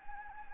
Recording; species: mosquito wingbeat signal from an infrared sensor; Anopheles gambiae